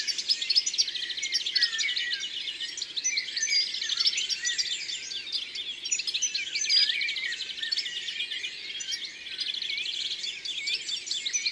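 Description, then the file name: European goldfinch song: dense, high twittering with jingling notes over a faint background hiss. Recorded in the Drôme, France. "Chardonneret elegant Concerts Naturels de la Drome Studio les Trois Becs"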